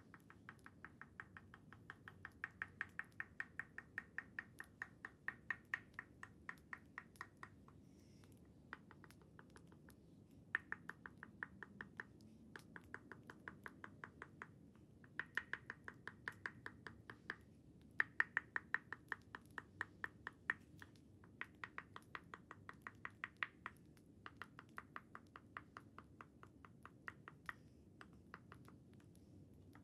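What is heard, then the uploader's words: Tok Sen hammer massage: rapid, regular wooden taps in bursts of several seconds, separated by brief pauses throughout. Each tap is a sharp, bright click, some struck harder than others, over a steady low rumble running underneath the whole time. ASMR Tok Sen Thai hammer massage.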